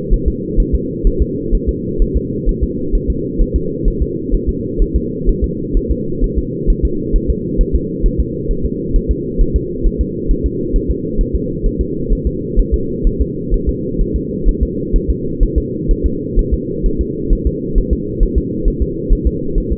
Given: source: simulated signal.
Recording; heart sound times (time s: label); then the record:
fetal heart sounds
0.14 s: S1
0.28 s: S2
0.60 s: S1
0.75 s: S2
1.07 s: S1
1.22 s: S2
1.55 s: S1
1.69 s: S2
2.02 s: S1
2.17 s: S2
2.49 s: S1
2.63 s: S2
2.95 s: S1
3.10 s: S2
3.41 s: S1
3.56 s: S2
3.88 s: S1
4.02 s: S2
4.34 s: S1
4.49 s: S2
4.82 s: S1
4.96 s: S2
5.29 s: S1
5.44 s: S2
5.77 s: S1
5.91 s: S2
6.24 s: S1
6.39 s: S2
6.70 s: S1
6.85 s: S2
7.16 s: S1
7.30 s: S2
7.61 s: S1
7.75 s: S2
8.06 s: S1
8.20 s: S2
8.51 s: S1
8.66 s: S2
8.96 s: S1
9.11 s: S2
9.41 s: S1
9.56 s: S2
9.86 s: S1
10.01 s: S2
10.31 s: S1
10.46 s: S2
10.76 s: S1
10.91 s: S2
11.21 s: S1
11.36 s: S2
11.66 s: S1
11.81 s: S2
12.12 s: S1
12.27 s: S2
12.59 s: S1
12.74 s: S2
13.07 s: S1
13.21 s: S2
13.54 s: S1
13.69 s: S2
14.01 s: S1
14.16 s: S2
14.48 s: S1
14.63 s: S2
14.96 s: S1
15.10 s: S2
15.43 s: S1
15.58 s: S2
15.91 s: S1
16.06 s: S2
16.39 s: S1
16.53 s: S2
16.86 s: S1
17.01 s: S2
17.33 s: S1
17.47 s: S2
17.78 s: S1
17.93 s: S2
18.23 s: S1
18.38 s: S2
18.68 s: S1
18.82 s: S2
19.13 s: S1
19.27 s: S2
19.58 s: S1
19.72 s: S2
From the record:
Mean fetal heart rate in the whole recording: 130 bpm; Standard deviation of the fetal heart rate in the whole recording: 4 bpm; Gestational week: 38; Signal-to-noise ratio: -6.6 dB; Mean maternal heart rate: 72 bpm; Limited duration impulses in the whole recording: present